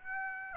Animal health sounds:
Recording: mosquito wingbeat signal from an infrared sensor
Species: Aedes aegypti

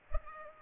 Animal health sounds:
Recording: mosquito wingbeat signal from an infrared sensor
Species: Culex pipiens

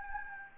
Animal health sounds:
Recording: mosquito wingbeat signal from an infrared sensor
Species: Anopheles gambiae

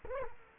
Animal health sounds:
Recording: mosquito wingbeat signal from an infrared sensor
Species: Culex quinquefasciatus

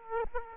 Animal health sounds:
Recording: mosquito wingbeat signal from an infrared sensor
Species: Aedes aegypti

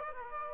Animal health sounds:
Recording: mosquito wingbeat signal from an infrared sensor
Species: Aedes aegypti

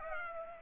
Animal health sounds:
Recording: mosquito wingbeat signal from an infrared sensor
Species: Culex pipiens

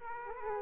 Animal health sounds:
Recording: mosquito wingbeat signal from an infrared sensor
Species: Aedes aegypti

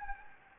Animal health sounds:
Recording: mosquito wingbeat signal from an infrared sensor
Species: Anopheles gambiae

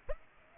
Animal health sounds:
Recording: mosquito wingbeat signal from an infrared sensor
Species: Culex pipiens

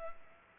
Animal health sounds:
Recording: mosquito wingbeat signal from an infrared sensor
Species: Culex pipiens

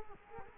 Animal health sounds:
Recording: mosquito wingbeat signal from an infrared sensor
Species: Culex quinquefasciatus

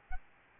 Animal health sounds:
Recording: mosquito wingbeat signal from an infrared sensor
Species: Aedes albopictus

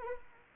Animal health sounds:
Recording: mosquito wingbeat signal from an infrared sensor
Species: Anopheles arabiensis

